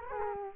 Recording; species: mosquito wingbeat signal from an infrared sensor; Culex quinquefasciatus